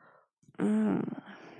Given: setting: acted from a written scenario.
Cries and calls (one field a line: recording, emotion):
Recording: vocal sound without words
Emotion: desire